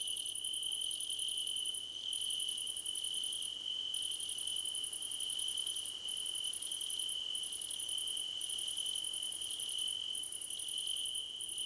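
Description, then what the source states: Crickets chirping. A steady shrill note is layered with long stretches of rapid high pulses broken by brief gaps every second or two. Crickets in a choir competition.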